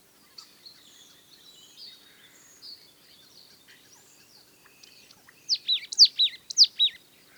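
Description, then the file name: Marsh tit calls: a quick run of sharp, high notes sweeping steeply downward, given in a fast cluster near the end, after several seconds of faint, thin chatter. "Poecile palustris"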